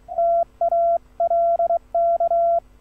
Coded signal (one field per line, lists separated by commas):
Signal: Morse code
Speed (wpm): 23 wpm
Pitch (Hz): 680 Hz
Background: none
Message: TALK